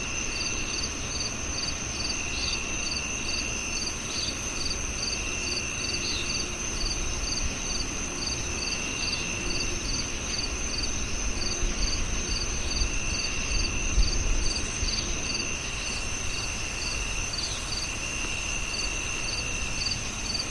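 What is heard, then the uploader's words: Crickets chirp in a steady, fast pulsing rhythm, a high repeating trill that continues unbroken for the whole stretch. Beneath it sits a constant low rumble and hiss, with a thin high whine holding level throughout. The gentle chirping of crickets fills the air. Chirping crickets.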